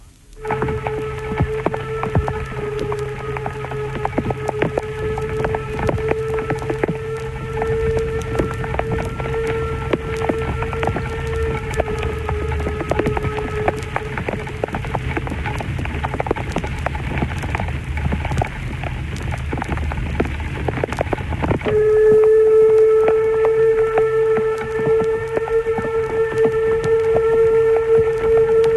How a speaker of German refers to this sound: Lok 99, 72, 38, der Harz-Querbahn vor Personenzug in strömendem Regen zwischen den Bahnhöfen Elend und Sorge.